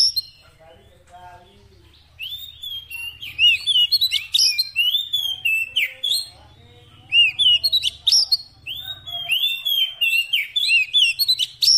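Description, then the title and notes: Oriental magpie-robin song of rapid, varied whistles and twitters after a quiet start, with a faint low hum underneath. Fill-in (isian) song meant to make the bird sing loudly (gacor) day and night. "Kacer Jadi Gacor Siang Malam. Isian Kacer"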